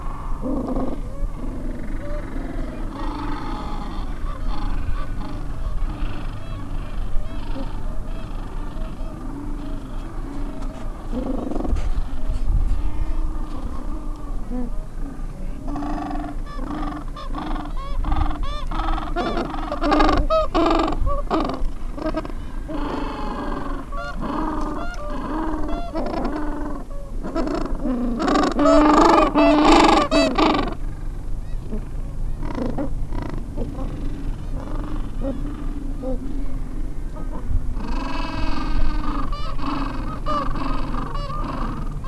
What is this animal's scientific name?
Pygoscelis papua